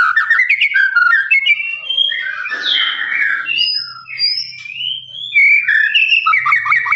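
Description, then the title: Lovebird chattering song: quick trilled notes, a harsh rasping squawk, then sliding high whistles and more trills. Long trilling "ngekek" song style, used as a master recording for training birds. "FULL DURASI MASTERAN LOVEBIRD NGEKEK PANJANG"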